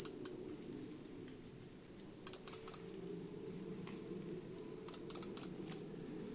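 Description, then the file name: European robin giving quick series of a few sharp, high tick notes, repeated every two to three seconds, against low background noise. "Erithacus rubecula"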